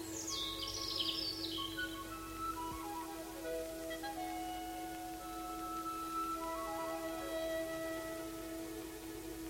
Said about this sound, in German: Irgendwo in dieser Leere zwitscherte ein kleiner Vogel in dem großen Hickorybaum, der auf dem Platz hinausragte.